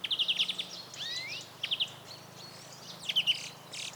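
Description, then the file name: European greenfinch calls: quick bursts of chirps and twittering notes near the start, a rising whistled slur, and further chirp clusters later, over a low steady hum. "Chloris chloris"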